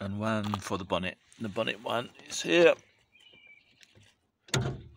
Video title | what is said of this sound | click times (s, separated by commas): How To Open Hood/Bonnet Nissan Micra 4th Generation K13 (non-broken) | you heard the click | 4.5 s